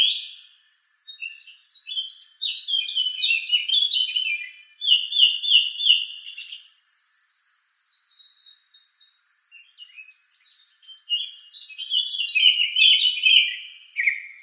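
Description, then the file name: Song thrush in long continuous song, whistled and scratchy phrases, several repeated two or three times, ranging from mid to very high notes. "suara-kicauan-burung-song-thrush 7-omkicau"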